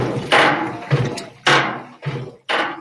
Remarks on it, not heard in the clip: They put a microphone or some sensors onto your chest. They record the heartbeat. that sounds very rhythmic. It sounds like a song. Before the surgery, I had to pass this echogram for my heart, and this is what it sounded like.